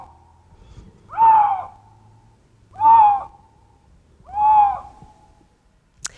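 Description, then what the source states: Lynx mating calls: three drawn-out, moaning arched cries spaced roughly every one and a half seconds, followed by a faint click at the end. Classic rutting or mating calls, played back; said to be hard to distinguish from other animals' calls and to sound similar to a fox's bark.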